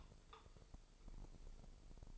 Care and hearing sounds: daily activity, microphone in the room; take from stove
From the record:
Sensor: 5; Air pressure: 995.5 hPa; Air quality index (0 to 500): 102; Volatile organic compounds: 7 ppm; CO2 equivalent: 1955 ppm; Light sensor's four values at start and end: 35/83/34/35 and 34/82/34/35

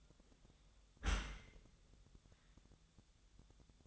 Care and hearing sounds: daily activity, microphone in the room; close dishwasher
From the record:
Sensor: 3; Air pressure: 1004.7 hPa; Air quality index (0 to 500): 101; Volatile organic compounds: 4 ppm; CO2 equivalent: 1575 ppm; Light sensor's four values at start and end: 7/17/7/7 and 7/17/7/7

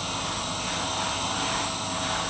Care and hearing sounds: daily activity, microphone in the room; vacuum cleaning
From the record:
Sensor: 1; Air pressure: 994.4 hPa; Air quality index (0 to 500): 217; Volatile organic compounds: 1000 ppm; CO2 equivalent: 7749 ppm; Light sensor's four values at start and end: 39/88/38/41 and 39/87/38/41

